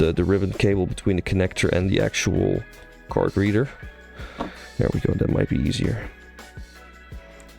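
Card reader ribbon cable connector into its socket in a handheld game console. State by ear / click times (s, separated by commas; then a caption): not seated / none. Someone talks while handling the ribbon cable between the card reader and its connector on the board of a Nintendo Switch handheld game console, bending it into place to push it into its socket. A brief sharp sound comes near 4.4 s. Nothing has seated or clicked yet.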